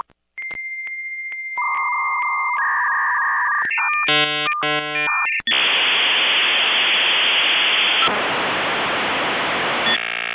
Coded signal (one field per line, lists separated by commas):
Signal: dial-up modem handshake